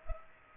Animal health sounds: mosquito wingbeat signal from an infrared sensor; Culex pipiens

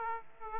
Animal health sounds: mosquito wingbeat signal from an infrared sensor; Aedes aegypti

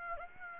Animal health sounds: mosquito wingbeat signal from an infrared sensor; Aedes aegypti

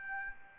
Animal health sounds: mosquito wingbeat signal from an infrared sensor; Aedes albopictus

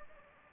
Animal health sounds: mosquito wingbeat signal from an infrared sensor; Anopheles gambiae

